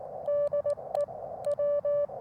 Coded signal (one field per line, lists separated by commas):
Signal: Morse code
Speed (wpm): 19 wpm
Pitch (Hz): 590 Hz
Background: none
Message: DE W